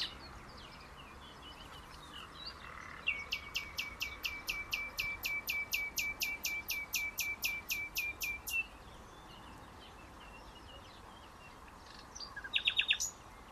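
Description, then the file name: Common nightingale singing a long run of loud, evenly repeated sharp notes for about five seconds, then a pause and a short rapid trill near the end. "Luscinia megarhynchos"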